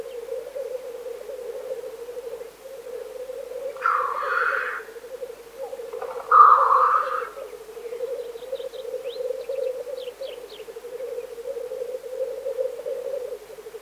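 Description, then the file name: Black grouse keeps up a low gurgling coo throughout, with two loud wheezy hisses around four and six seconds and faint high twitters later. "teterev"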